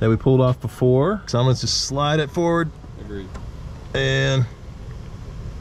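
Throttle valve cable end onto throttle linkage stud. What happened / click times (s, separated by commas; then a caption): The cable end is being handled but has not snapped on yet; no seating click is heard / none. Under the hood of a FoxBody with an AOD transmission, someone talks while the end of the throttle valve transmission cable is being slid forward toward the throttle linkage stud, with low background noise. Nothing has seated or clicked yet.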